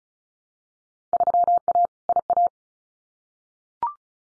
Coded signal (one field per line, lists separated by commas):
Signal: Morse code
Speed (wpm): 36 wpm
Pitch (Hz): 700 Hz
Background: none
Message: 3A IA